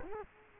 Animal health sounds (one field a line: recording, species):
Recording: mosquito wingbeat signal from an infrared sensor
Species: Culex quinquefasciatus